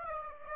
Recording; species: mosquito wingbeat signal from an infrared sensor; Aedes aegypti